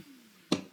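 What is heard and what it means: During transformation of a Transformers Legacy Deluxe Skids plastic action figure, the plastic leg tab is pushed into the figure's leg slot to tab the legs together. After a quiet stretch, a single sharp click at 0.5 s rings briefly and fades within about a tenth of a second. The tab seats and the legs snap into place.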